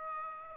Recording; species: mosquito wingbeat signal from an infrared sensor; Aedes albopictus